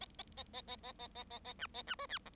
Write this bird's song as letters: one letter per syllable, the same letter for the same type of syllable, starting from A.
A A A A A A A A A A B A B C D E